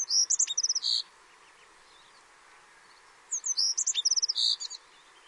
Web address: brown accentor call